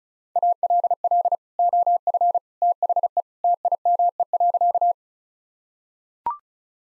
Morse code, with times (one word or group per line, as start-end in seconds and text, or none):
0.4-1.4 ALL
1.6-2.4 OF
2.6-3.2 THE
3.4-4.9 TIME.